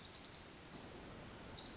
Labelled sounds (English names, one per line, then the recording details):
Pacific Wren
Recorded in Sonoma County, California